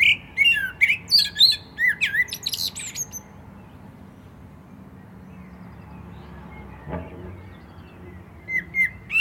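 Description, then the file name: Common blackbird singing a run of short whistled notes that end in thin high twittering, then a long pause, a single soft knock, and the start of another phrase. "Turdus merula"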